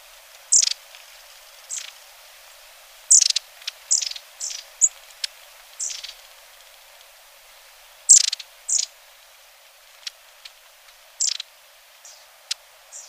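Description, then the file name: Long-tailed tit calls: a loose series of high, thin, sharp notes and short buzzy bursts, irregularly spaced throughout, with quieter ticking notes near the end. "Mesange a longue queue"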